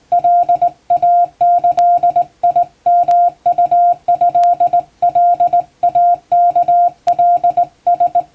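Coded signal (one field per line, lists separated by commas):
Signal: Morse code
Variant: Japanese Wabun code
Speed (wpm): 20 wpm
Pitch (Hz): 700 Hz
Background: none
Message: カイギヨウトカイワカラ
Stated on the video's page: Hand-keyed Japanese Wabun Morse sent by a first-class radiotelegraph operator for receiving practice, using typing-test practice text; playback speed adjustable.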